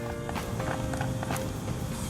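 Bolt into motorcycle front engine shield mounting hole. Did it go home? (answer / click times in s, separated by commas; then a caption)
no / none. Someone tries to thread the second bolt into its mounting hole to fit the front engine shield on a Honda NC700/NC750 motorcycle, producing a series of short, light taps and scrapes against a steady background hum. The bolt does not thread in, and nothing has seated or clicked into place yet.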